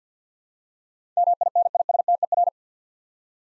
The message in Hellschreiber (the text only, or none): none